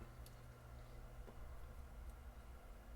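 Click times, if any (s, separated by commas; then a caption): none. A plastic hop-up retaining clip is positioned and lined up on an airsoft barrel and hop-up unit before being pushed home. Steady low rumbling background noise fills the clip, with a brief faint tick near 0.3 s. Nothing has seated or clicked yet.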